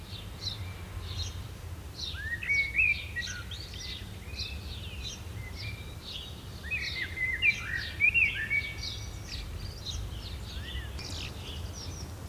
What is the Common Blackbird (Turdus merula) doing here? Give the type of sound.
song